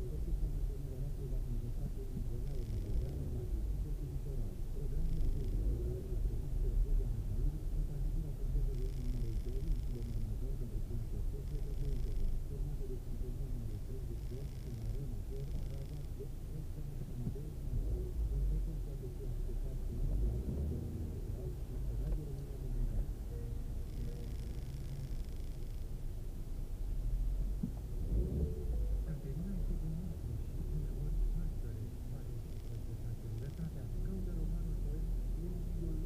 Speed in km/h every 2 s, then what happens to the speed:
5, 2, 3, 7, 5, 4, 3, 0, 0, 0, 2, 2, 0, 0, 1, 0, 0, 0.
0-13 steady at about 4. 13-36 standing.